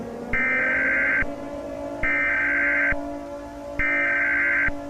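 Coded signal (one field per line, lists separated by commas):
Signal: Emergency Alert System (SAME) tones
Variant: header bursts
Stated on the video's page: Simulated EAS scenario about a nuclear war.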